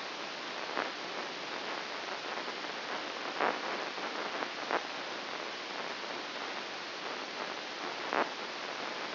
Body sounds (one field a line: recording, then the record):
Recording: brain microelectrode recording played as sound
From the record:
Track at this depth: inside the subthalamic nucleus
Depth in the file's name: 2.802 mm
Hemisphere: right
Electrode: 2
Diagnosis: Parkinson's disease